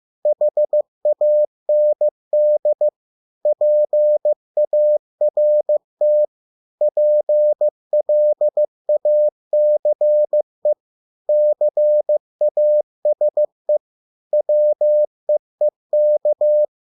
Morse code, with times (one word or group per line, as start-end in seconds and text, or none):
0.3-2.9 HAND
3.5-6.2 PART
6.8-10.7 PLACE
11.3-13.8 CASE
14.3-16.6 WEEK